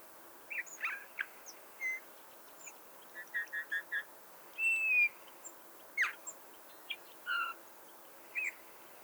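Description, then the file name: Eurasian bullfinch giving soft whistles, including a quick run of four similar notes and a longer piping whistle. "Pyrrhula pyrrhula"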